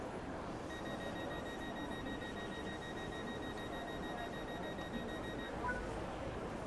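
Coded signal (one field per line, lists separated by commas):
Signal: none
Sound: a train sim's door beeps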